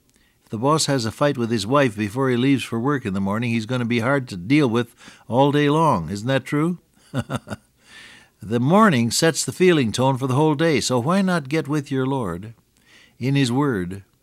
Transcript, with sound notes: If the boss has a fight with his wife before he leaves for work in the morning, he’s gonna be hard to deal with all day long. Isn’t that true? [chuckle] The morning sets the feeling tone for the whole day. So why not get with your Lord in His Word,